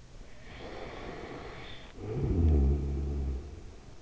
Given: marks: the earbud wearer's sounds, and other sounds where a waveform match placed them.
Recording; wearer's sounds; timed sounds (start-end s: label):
sounds in sleep by an in-ear microphone; snoring breath
0.34-4.02 s: snoring breath